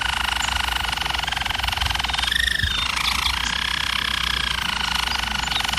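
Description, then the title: German Roller canary song, a continuous buzzing roll, dense and even, with a short lower swoop in the middle and a steady background hum. German Roller canary singing; recording made for canary song training. "German Roller Canary Singing - Canary Training Vid"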